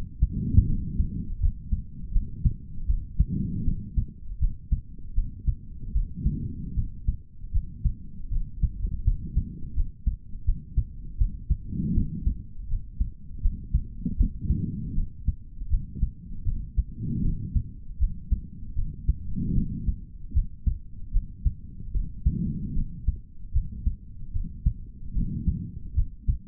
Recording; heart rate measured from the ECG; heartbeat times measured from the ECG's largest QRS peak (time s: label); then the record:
heart sounds by stethoscope; 78 bpm
0.66 s: heartbeat
1.39 s: heartbeat
2.12 s: heartbeat
2.86 s: heartbeat
3.64 s: heartbeat
4.39 s: heartbeat
5.14 s: heartbeat
5.92 s: heartbeat
6.75 s: heartbeat
7.52 s: heartbeat
8.29 s: heartbeat
9.03 s: heartbeat
9.74 s: heartbeat
10.44 s: heartbeat
11.17 s: heartbeat
11.93 s: heartbeat
12.68 s: heartbeat
13.41 s: heartbeat
14.17 s: heartbeat
14.94 s: heartbeat
15.69 s: heartbeat
16.44 s: heartbeat
17.22 s: heartbeat
17.98 s: heartbeat
18.74 s: heartbeat
19.54 s: heartbeat
20.33 s: heartbeat
21.12 s: heartbeat
21.92 s: heartbeat
22.74 s: heartbeat
23.52 s: heartbeat
24.32 s: heartbeat
25.13 s: heartbeat
25.94 s: heartbeat
From the record:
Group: healthy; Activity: rest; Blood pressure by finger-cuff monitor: 133/72 mmHg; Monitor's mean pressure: 91 mmHg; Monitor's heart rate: 78 bpm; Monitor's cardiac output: 4.7 L/min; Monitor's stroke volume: 60 mL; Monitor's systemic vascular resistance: 1450 dyn s/cm5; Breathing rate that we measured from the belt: 21 breaths a minute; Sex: male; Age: 55 years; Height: 167 cm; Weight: 57.2 kg